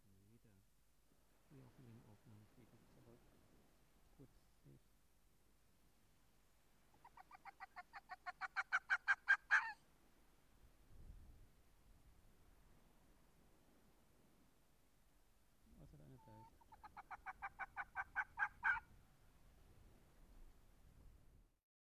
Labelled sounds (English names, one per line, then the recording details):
Arctic Fox barking
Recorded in the wild
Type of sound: barking
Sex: female
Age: adult
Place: Insel Mednyi, Kommandeur-Inseln, RU
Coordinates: 54.5167, 168.083
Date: 1999-07-14 18:20
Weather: bedeckt, windstill, 10,8°C
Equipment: Sony WM-D6C, Sennheiser ME 80, Schalter I, Windkorb, Kopie Tascam DA 30
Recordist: Frommolt, Karl-Heinz
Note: Pershejek, Oststrand: 2 Bellstrophen von Polarfuchsfähe (Alopex lagopus) links Blau/Gelb 173 in unmittelbarer Nähe der Höhle mit einem Welpen. Entfernung 3 m